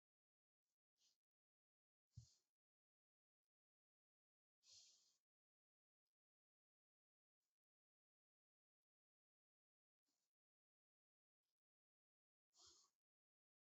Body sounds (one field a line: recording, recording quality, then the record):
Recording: deep breathing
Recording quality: excellent, no background noise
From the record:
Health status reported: healthy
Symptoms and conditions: hypertension, diabetes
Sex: female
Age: 62 years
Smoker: not ticked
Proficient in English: yes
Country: India